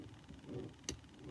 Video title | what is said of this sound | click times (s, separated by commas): LEGO mind storm basic ROV | Hear the click. | 0.9 s